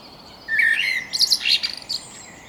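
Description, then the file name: Common blackbird giving a single short phrase: a smooth, slurred fluting whistle that breaks into a quick burst of high, squeaky notes. "Turdus merula"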